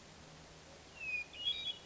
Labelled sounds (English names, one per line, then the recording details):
Hermit Thrush
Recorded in Sonoma County, California